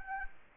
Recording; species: mosquito wingbeat signal from an infrared sensor; Anopheles gambiae